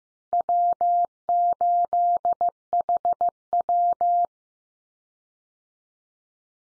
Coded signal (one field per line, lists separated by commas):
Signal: Morse code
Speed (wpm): 15 wpm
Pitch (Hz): 700 Hz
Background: none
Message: W8HW